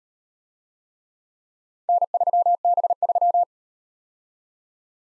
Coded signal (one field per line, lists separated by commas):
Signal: Morse code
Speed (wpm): 38 wpm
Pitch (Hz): 700 Hz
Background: none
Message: N3B3